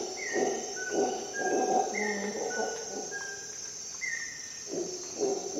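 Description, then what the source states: Howler monkey howling in deep, rough pulsed roars that swell and fade in bursts, with clear whistled bird notes and a steady high insect drone behind. Recorded at dawn in the jungle of Costa Rica during an expedition.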